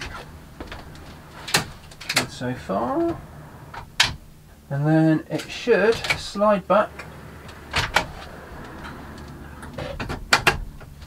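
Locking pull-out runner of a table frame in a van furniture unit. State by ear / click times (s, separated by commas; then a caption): seated / 10.3 s. A full-length pull-out table frame on locking drawer runners in a van build is slid back in while someone talks. The runner lock clicks into place at 10.3 s, and the frame is seated.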